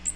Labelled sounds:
Magnolia Warbler flight call

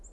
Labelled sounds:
Hermit Warbler flight call

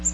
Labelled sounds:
Black-throated Green Warbler flight call

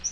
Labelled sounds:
Yellow-rumped Warbler flight call

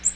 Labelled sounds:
Magnolia Warbler flight call

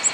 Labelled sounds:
Ovenbird flight call

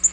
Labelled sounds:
Black-throated Green Warbler flight call

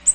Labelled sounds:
Ovenbird flight call

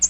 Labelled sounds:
American Redstart flight call

